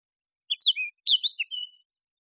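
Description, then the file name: Eurasian blackcap song: two short bursts of pure whistled notes, each sliding downward, separated by a brief gap. "Sylvia atricapilla"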